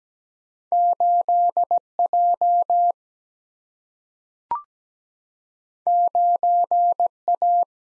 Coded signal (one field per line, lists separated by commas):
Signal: Morse code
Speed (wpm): 17 wpm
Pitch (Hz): 700 Hz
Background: none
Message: 8 J 9 A